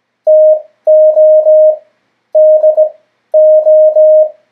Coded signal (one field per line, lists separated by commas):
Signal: Morse code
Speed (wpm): 18 wpm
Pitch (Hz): 620 Hz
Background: none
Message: TO DO